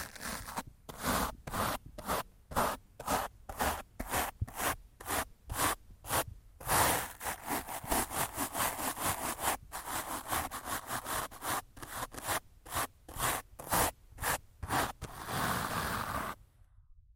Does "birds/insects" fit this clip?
no